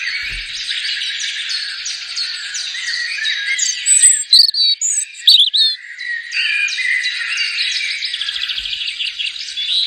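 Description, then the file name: European robin song: a continuous, sweet warbling stream of varied high phrases, with thin, very high notes in the middle of the passage. "Rotkehlchen"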